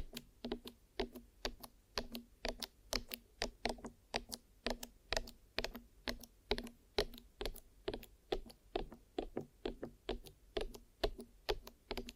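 Glue ear massage and cleaning: quick, sticky tapping clicks repeat about three times a second, steady throughout over a faint low hum.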